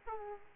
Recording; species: mosquito wingbeat signal from an infrared sensor; Aedes aegypti